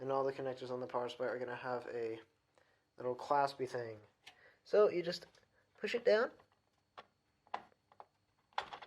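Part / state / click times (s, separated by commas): power supply cable connector into motherboard power header / seated / 8.6 s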